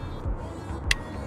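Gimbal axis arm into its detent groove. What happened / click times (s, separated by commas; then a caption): The adjustable arm snapped into its detent groove / 0.9 s. A DJI Ronin S gimbal stabilizer's axis arm is moved along its adjustment grooves and snaps into its detent groove with a sharp click at 0.9 s over a steady low background hum. The axis is seated in place.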